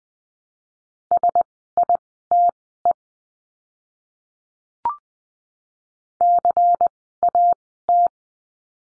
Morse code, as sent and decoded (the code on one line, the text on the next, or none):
... .. - . / -.-. .- -
SITE CAT